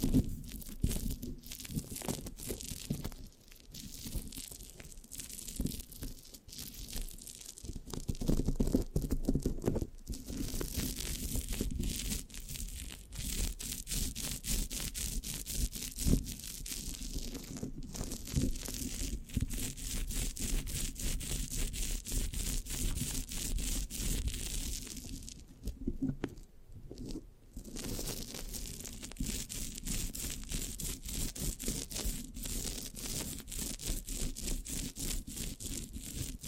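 Mic scratching fills the recording with dense, rapid scraping and crinkly, sticky rasps that pulse in quick irregular strokes. A low rumble runs beneath throughout. The texture stays busy, with brief thinner dips around 10 seconds and again near 26 to 28 seconds.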